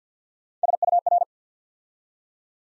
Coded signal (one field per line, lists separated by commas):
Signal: Morse code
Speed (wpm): 50 wpm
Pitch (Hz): 700 Hz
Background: none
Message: SUR